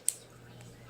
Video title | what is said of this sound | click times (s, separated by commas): How to change insulin t-slim site | Till you hear it click. | 0.1 s